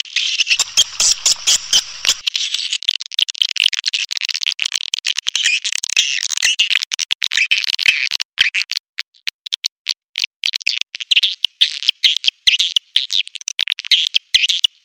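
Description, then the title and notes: Swiftlet chirping, a stream of high, rapid twitters and clicks, broken at first, thick through the middle, then more broken and clipped. Swiftlet calls used as a lure sound in swiftlet bird farming, Asia. "Swiflet Bird Sound. Farming Swiflet Bird asia sound"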